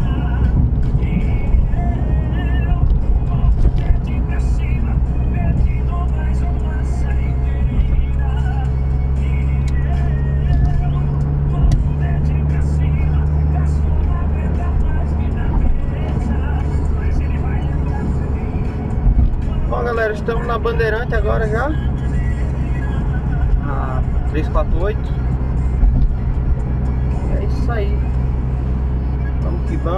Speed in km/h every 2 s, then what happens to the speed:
71, 71, 73, 74, 77, 84, 85, 84, 80, 78, 75, 70, 69, 68, 74.
0-7 steady at about 71. 7-12 speeds up to 85. 12-25 slows to 68.